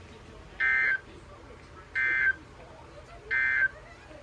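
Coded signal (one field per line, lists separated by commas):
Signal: Emergency Alert System (SAME) tones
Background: speech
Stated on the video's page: Received on an HH-54 weather radio.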